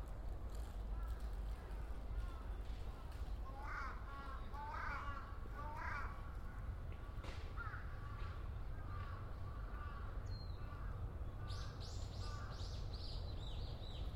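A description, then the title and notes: Ueno Park in Tokyo, with a steady low rumble underneath and crow-like caws rising and falling in short bursts between about four and nine seconds. Fainter talk drifts through the mix, and bright chirping birdsong picks up after eleven seconds. A binaural field recording made in Ueno Park, Tokyo.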